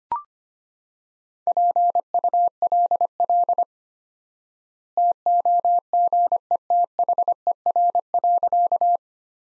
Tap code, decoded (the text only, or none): none